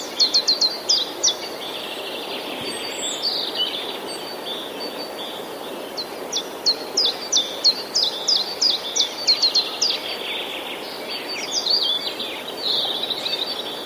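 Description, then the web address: Common chiffchaff song: series of high, quick notes at the start and again midway, with other bird sounds over steady outdoor background noise. Recorded 11 April 2019, singing against other passerine birds. "wroblowe kontra pierwiosnek 11 04 2019"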